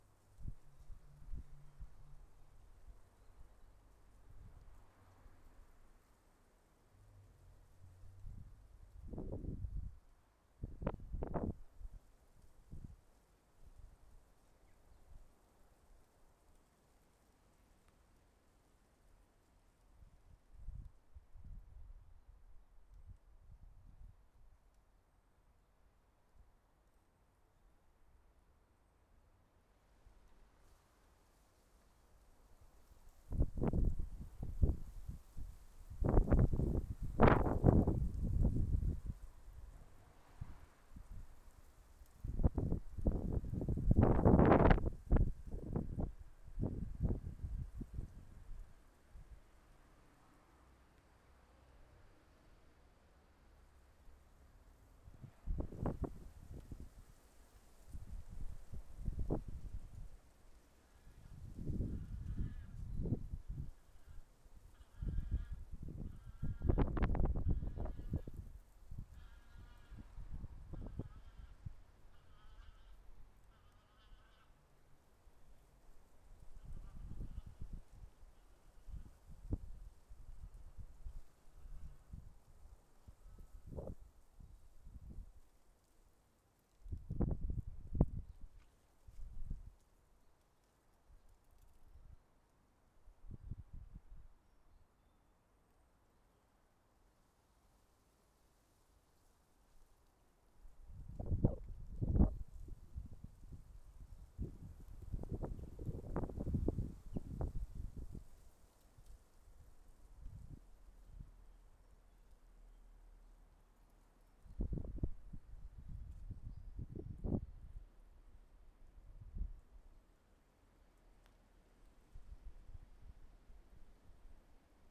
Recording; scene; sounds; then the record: everyday scene through a hearing-aid microphone; wind on the microphone; wind, traffic, goose, birds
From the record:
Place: suburban garden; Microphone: behind the ear, left, front